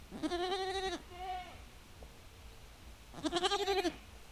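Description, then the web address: Goat calls: a long, quavering bleat and a shorter, weaker one, then another long, tremulous bleat, with wind noise underneath. Domestic goats in a farmyard, calling back and forth in a dialogue in the wind. "allathangok parasztudvar hazikecske kecske parbeszedaszelben"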